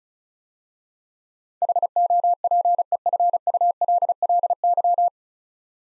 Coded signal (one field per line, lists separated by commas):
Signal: Morse code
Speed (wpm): 36 wpm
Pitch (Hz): 700 Hz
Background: none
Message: HOPEFULLY